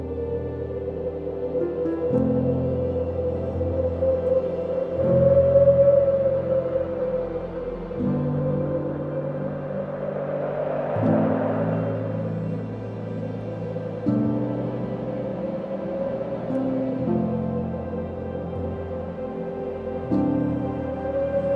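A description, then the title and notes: Soft piano chords shift every two to three seconds over a deep, sustained bass, with a steady held tone floating above. A gentle wind swells up around the middle, rising to a soft hiss near eleven seconds before easing back down. Gentle Wind and Calming Piano.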